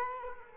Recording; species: mosquito wingbeat signal from an infrared sensor; Culex quinquefasciatus